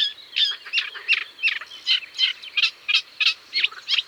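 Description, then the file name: Eurasian reed warbler singing a steady run of scratchy, grating notes, about three a second, with a rhythmic, chugging feel. "Rousserolle effarvatte"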